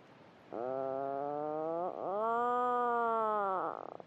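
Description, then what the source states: Atlantic Puffin burrow calls: two deep, buzzy, harmonic drones, the first about 1.4 seconds and the second longer and louder, starting with a quick upward sweep. Birds inside a burrow on Skellig Michael call and answer each other from below the surface with a deep, rolling, motorbike-like drone, then listen for a reply from their neighbour.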